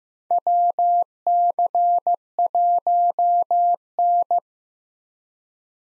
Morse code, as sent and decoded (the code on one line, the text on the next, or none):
.-- -.-. .---- -.
WC1N